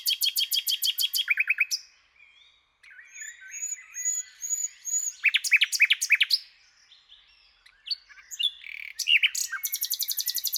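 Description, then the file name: Common nightingale song with long rapid trills, thin whistled notes, sharp repeated chips and a final quick, high run. "Luscinia megarhynchos"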